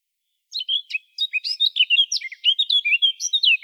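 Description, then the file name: Eurasian blackcap singing a fast, scratchy, varied warble of chirps and short whistles, lasting about three seconds. "Sylvia atricapilla"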